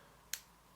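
The blade of a Jun Lang 16010B folding knife swings over at the pivot and its rocker lock, which has a strong spring, engages with a loud, sharp snap at 0.3 s. A fainter click follows at 0.8 s. The blade is seated and locked in place.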